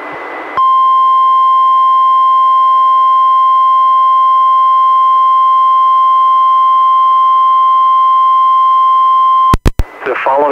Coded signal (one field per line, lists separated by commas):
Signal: Emergency Alert System (SAME) tones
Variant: 1050 Hz attention tone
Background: speech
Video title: EAS #566-576: NWR and EAS 2 SVRs and 7 SMWs- Oct. 24, 2021